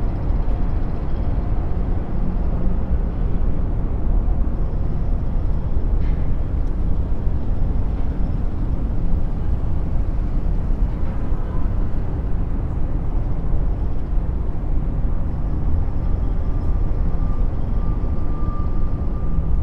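A steady city skyline soundscape: a dense, low traffic rumble fills the whole stretch with no pauses, like distant vehicles heard from above. A couple of faint clicks land around six and eleven seconds, and a thin, quiet tone rises near the end.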